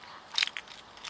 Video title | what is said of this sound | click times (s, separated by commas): PRISE EN MAIN DE LA MASAI GREYSTONE | donc vous tournez vous attendez un petit clic hélas le guide on ne peut plus bouger il est bloqué | 0.4 s